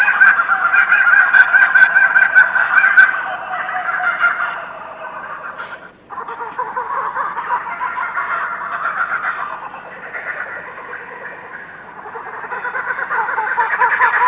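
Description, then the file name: Kookaburra laughing, loud rhythmic cackling and chuckling throughout, with a brief break near the middle before it resumes. "kukaburra"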